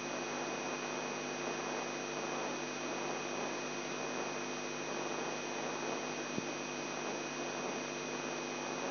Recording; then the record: brain microelectrode recording played as sound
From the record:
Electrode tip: inside the subthalamic nucleus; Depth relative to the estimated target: 2 mm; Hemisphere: left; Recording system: AlphaMap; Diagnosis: Parkinson's disease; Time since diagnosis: 11 years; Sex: male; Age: 42 years